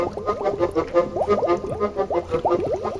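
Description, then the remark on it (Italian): A bouncy radio show theme jingle plays without any talking: quirky, warbling melodic phrases repeat in a steady, quick rhythm at a fairly loud, even level, with a croaky, cartoonish tone. “sentiamo che cosa bolle in pentola. Sigla.”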